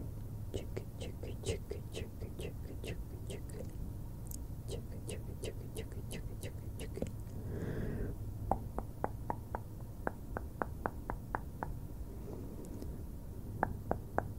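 Crisp mouth sounds tick in quick, fairly regular bursts, bright and wet, over a steady low hum. Midway a soft brushing sweep passes near the microphone, then the clicking resumes at a slightly sparser pace until the end.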